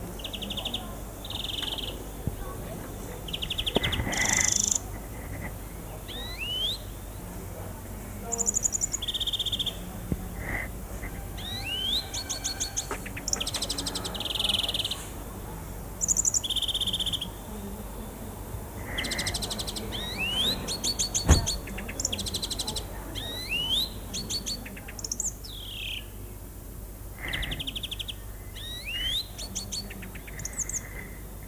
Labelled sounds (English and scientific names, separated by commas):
European Greenfinch (Chloris chloris) song